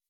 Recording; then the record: hydrophone in a shrimp aquaculture tank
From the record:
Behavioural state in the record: weakened